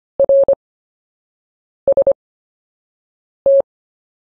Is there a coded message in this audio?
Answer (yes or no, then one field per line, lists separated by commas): yes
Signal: Morse code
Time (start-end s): 0.2-3.6 s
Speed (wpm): 25 wpm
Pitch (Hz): 550 Hz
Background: none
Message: RST